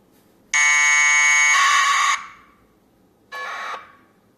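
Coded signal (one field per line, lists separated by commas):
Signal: packet radio (AX.25, as in APRS)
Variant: 1200 baud AFSK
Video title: APRSdroid AFSK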